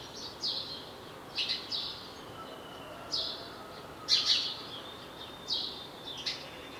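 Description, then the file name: House sparrow giving bright, slightly buzzy chirps, singly and in pairs at uneven intervals of about a second. "Passer domesticus"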